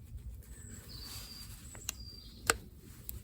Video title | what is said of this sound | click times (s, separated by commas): HOW TO REPAIR EXCEED UNI VALVE - EASY BUDGET ROOTEK KIT #windowcleaning #howto #diy | there you go so that clicked back into place and that's all secure good to go | 2.5 s